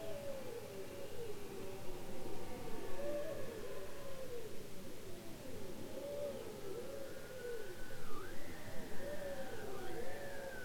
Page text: Bowhead whales ( Balaena mysticetus ) are copycats, imitating sounds heard in their environment. Polar Research